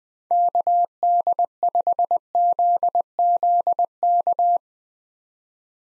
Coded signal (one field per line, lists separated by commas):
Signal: Morse code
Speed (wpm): 20 wpm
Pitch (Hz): 700 Hz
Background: none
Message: KD5ZZK